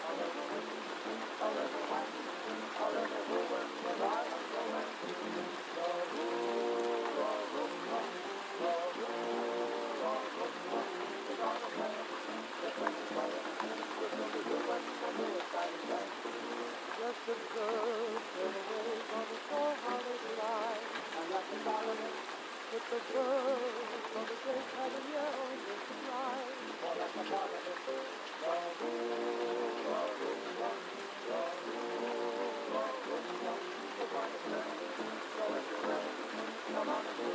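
Steady gentle night rain hisses without pause, a dense, even patter with no breaks. Underneath, muffled oldies play in another room, their voice-like melodies rising and falling in the middle range while low frequencies stay absent throughout.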